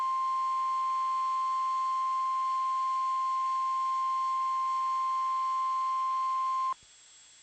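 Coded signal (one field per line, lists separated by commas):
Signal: Emergency Alert System (SAME) tones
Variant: 1050 Hz attention tone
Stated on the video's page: Severe Thunderstorm Warning alert.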